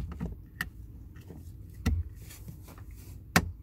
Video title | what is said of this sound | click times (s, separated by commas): Lincoln Corsair DISABLE Auto Start/Stop Feature - Turn ON and OFF permanently! [2020-2022] | push that until it clicks as well. | 3.4 s